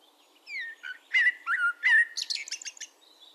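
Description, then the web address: Eurasian blackbird singing a mellow whistled phrase of several falling and rising notes, ending in a burst of thin, high chattering twitters. "SETE data Turdus merula"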